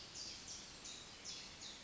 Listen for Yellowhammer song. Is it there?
no